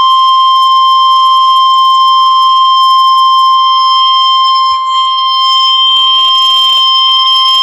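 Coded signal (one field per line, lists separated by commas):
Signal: Emergency Alert System (SAME) tones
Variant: 1050 Hz attention tone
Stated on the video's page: Flash flood warning in Arkansas from a NOAA weather radio station.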